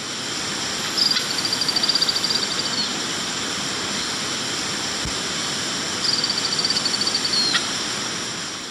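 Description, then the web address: Lemon-browed flycatcher gives two high, rapid stuttering series of notes that end in a falling slur, half masked by loud, steady rushing noise. Ecuador. "Natures Songs S America Birds of Ecuador. Lemon-Browed Flycatcher"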